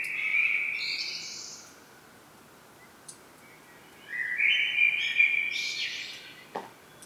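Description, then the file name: Common blackbird: a melodious whistled phrase with a high trailing twitter, then after a pause a second flourish. "Turdus merula"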